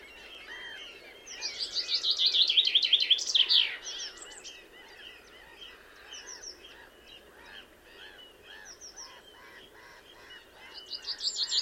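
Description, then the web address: Common chaffinch song: a loud, rapid phrase of bright notes lasting a couple of seconds, then a spell of softer repeated chirps, with another phrase starting at the end. "Deverinetal"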